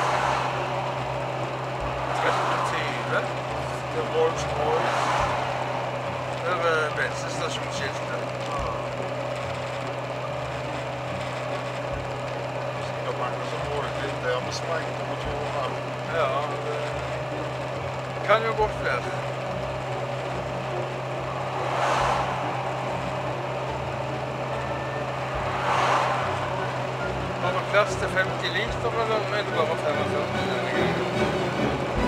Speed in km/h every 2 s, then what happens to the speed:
64, 64, 63, 63, 63, 63, 63, 64, 64, 65, 65, 65, 64, 64, 64, 63.
0-32 steady at about 64.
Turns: none.